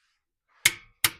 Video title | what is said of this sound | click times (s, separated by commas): Mounting the New Camaro rim/tire on the front passenger side | So, we got a click there. | 1.0 s